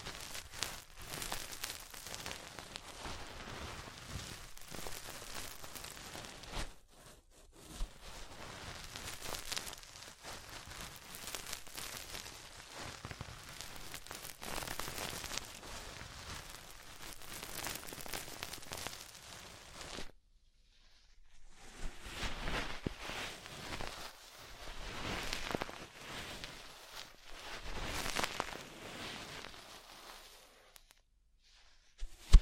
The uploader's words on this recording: ASMR Deep Ear Cleaning Session. (No Talking).